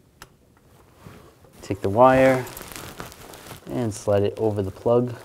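A torque wrench set to 11 ft-lb tightens a hand-started spark plug in the cylinder head of a 2007-14 GMC Sierra 3500HD, and the wrench clicks at the setting at 0.2 s. Softer taps and crinkling follow while someone talks.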